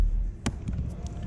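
On a Hyundai i30 / i30N, the clip on an electrical wiring plug that goes into the end of the door switch buttons is pressed and the plug is pulled out. A sharp click at 0.5 s marks the plug releasing, followed by fainter ticks around 0.7 s and 1.1 s. The plug comes free of the switch panel.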